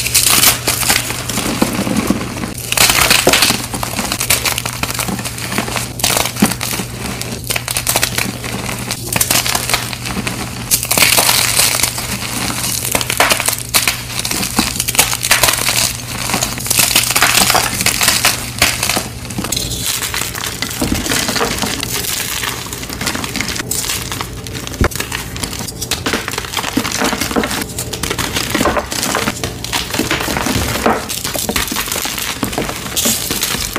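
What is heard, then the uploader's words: Crispy dyed chalk is crunched and crumbled in a steady stream of dry, crackling snaps, with sharper bursts every second or so and hardly any pause over the whole stretch. A low, constant hum sits underneath for about the first twenty seconds, then fades. Crispy Dyed Chalk Extravaganza! (NO POWDER PLAY).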